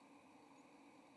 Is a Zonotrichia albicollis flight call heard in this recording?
no